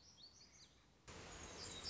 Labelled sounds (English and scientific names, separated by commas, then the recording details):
Black-throated Gray Warbler (Setophaga nigrescens)
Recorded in Sonoma County, California